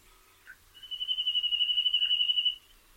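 Bird giving a single high, even buzzing trill lasting about two seconds, steady in pitch, with a soft note or two before it.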